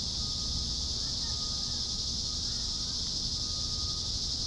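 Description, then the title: Steady high cicada drone running without pause, with a thin tonal whine and some low rumbling noise underneath. "neoscenes: cicadas"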